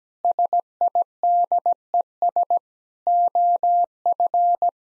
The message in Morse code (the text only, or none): SIDES OF